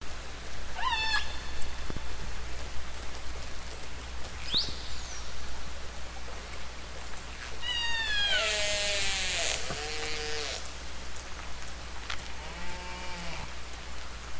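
Killer whale calls: several squealing, harmonic calls that rise and fall in pitch, one buzzy and densely stacked, over a steady low rumble and hiss.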